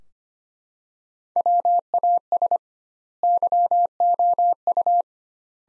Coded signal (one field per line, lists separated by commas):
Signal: Morse code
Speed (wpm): 25 wpm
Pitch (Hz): 700 Hz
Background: none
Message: WAS YOU